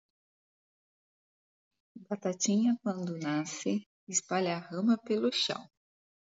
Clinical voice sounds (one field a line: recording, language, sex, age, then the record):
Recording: short text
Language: Brazilian Portuguese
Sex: female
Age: 30 to 39 years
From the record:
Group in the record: control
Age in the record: 35 years